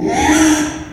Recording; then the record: squeal of a Yucatan mini pig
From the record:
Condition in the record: after surgery on the right vocal fold (resection and tissue-engineered implant); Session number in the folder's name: 3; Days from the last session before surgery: 33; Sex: male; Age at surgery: 12 weeks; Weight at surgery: 13 kg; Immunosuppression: cyclosporine, prednisolone